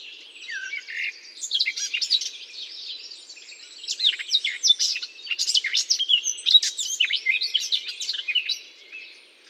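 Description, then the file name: Eurasian blackcap song: a scratchy, rapid warble in two bursts, the second longer and louder, full of quick chirps and whistles. Singing in holly. "chant de fauvette a tete noire dans houx"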